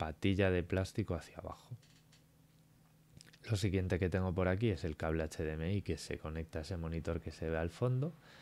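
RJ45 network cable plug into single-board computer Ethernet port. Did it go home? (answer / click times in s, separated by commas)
yes / 3.2 s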